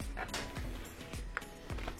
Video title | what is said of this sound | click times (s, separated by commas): Comment tester et changer la boite à produits sur un lave-vaisselle ? | Donc là, on a entendu, elle s'est bien clipsée partout. | 1.4 s